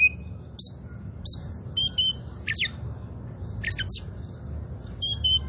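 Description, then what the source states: Oriental magpie-robin song: spaced high chirps and downslurred whistles mixed with a few harsh, squawky notes. Local Indonesian name kacer poci; described as gacor, singing vigorously.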